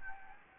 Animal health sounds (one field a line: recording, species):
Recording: mosquito wingbeat signal from an infrared sensor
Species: Anopheles gambiae